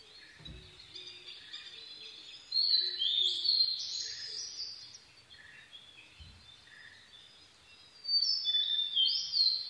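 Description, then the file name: Blue-and-white flycatcher song: two bold whistled phrases with sharp slurred notes, separated by a pause, with soft repeated chirps of other birds and a couple of low thumps. 22 May 2011 at 04:34. "ooruri-20110522-0434"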